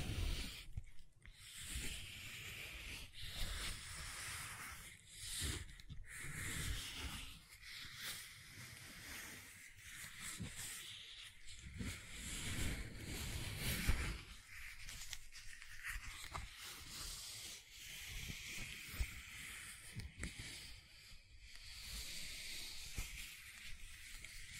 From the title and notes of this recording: ASMR Gentle Silicon Sounds for Sleep (No Talking).